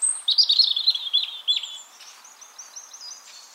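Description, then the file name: European robin song: a thin high note, then a rapid tumbling run of sweet warbled notes around mid-high pitch, fading into softer high twittering. "Erithacus rubecula"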